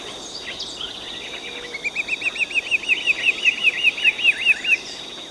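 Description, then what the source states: Yellow-cheeked becard calling: a long run of short whistled notes. Recorded in Ecuador; the bird is also called green-backed becard.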